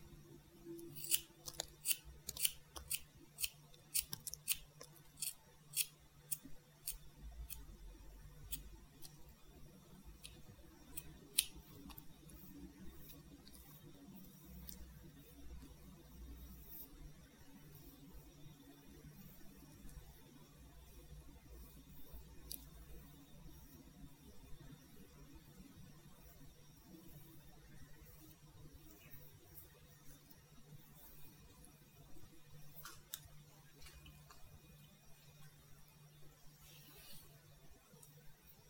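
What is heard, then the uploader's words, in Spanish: Scissors snip through hair in a haircut, with quick bursts of sharp clicks crowded into the first ten seconds and scattered snips later, including a cluster near 33 seconds. A low steady hum and soft rumbling continue underneath throughout. Corte de cabello. Muchos sonido de tijeras.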